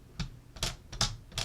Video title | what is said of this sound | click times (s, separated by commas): What's the Difference? Old Vs New - We R Memory Keepers Trim & Score Board Comparison. | so it does lock into place so it stays nice and secure | 1.0 s